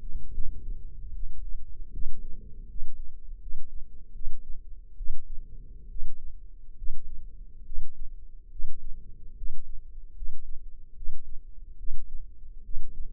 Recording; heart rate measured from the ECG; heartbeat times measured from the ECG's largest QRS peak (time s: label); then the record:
heart sounds by microphone in the left ear; 73 bpm
0.32 s: heartbeat
1.13 s: heartbeat
1.92 s: heartbeat
2.68 s: heartbeat
3.40 s: heartbeat
4.13 s: heartbeat
4.97 s: heartbeat
5.89 s: heartbeat
6.76 s: heartbeat
7.65 s: heartbeat
8.50 s: heartbeat
9.36 s: heartbeat
10.15 s: heartbeat
10.95 s: heartbeat
11.78 s: heartbeat
12.63 s: heartbeat
From the record:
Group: healthy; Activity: rest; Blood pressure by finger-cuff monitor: 136/83 mmHg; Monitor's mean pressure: 101 mmHg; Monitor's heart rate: 73 bpm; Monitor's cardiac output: 5.8 L/min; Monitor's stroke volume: 79 mL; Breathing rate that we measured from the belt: 17 breaths a minute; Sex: male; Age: 35 years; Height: 178 cm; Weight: 64 kg